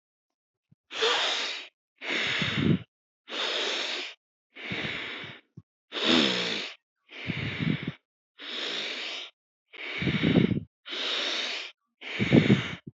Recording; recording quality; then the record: deep breathing; excellent, no background noise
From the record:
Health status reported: healthy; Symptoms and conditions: none ticked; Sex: male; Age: 26 years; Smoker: not ticked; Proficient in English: yes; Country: India